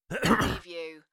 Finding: Male Cough.